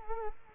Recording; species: mosquito wingbeat signal from an infrared sensor; Culex quinquefasciatus